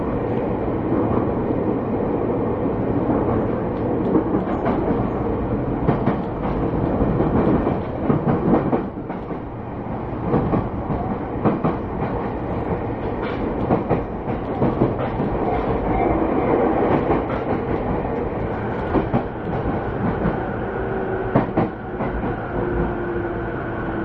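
A Narita Line through train on the Joban Line runs between stations, its motor sound rising loud over a steady low rumble. Clicks and rattles from the wheels come through often, and a faint tone gradually climbs in the later seconds.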